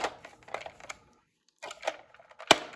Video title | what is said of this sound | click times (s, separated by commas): Masters of The Universe Origins ETERNIA Playset “In-depth” Review | you slide it on like that. It makes a click noise, and then you kind of just | 2.5 s